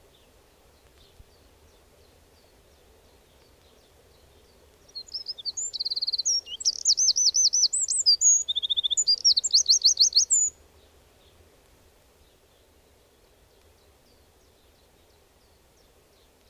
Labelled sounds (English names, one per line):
Eurasian Wren song